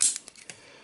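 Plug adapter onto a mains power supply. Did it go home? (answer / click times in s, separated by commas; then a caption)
yes / 0.0 s. A swappable plastic plug adapter is refitted onto the power supply of a Logitech Harmony Hub and snaps into place with a sharp, bright click at 0.0 s. A few fainter ticks follow at about 0.2, 0.3 and 0.5 s. The adapter is confirmed seated.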